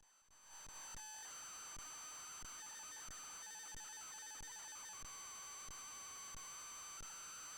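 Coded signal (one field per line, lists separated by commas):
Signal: computer data on cassette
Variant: Micronique Hector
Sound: warbling, buzzy data tones switching rapidly, with a steady hum and regular sharp clicks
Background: constant hiss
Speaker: it's because we're loading from cassette so um i'll try to use some wonderful cassette loading sounds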